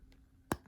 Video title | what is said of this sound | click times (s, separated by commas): HyperReal Luke Skywalker - Unboxing and Closer Look - Star Wars The Black Series - E6611 | we go pops right in this guy use a little bit of force but just be careful | 0.5 s